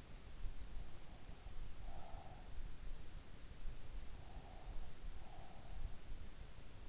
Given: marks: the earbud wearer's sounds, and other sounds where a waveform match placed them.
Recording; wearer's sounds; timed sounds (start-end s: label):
sounds in sleep by an in-ear microphone; breath
1.51-2.72 s: breath
4.00-5.98 s: breath